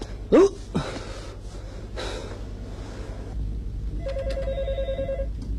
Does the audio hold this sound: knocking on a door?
no